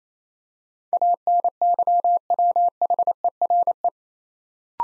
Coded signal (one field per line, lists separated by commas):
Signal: Morse code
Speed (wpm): 28 wpm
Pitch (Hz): 700 Hz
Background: none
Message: ANYWHERE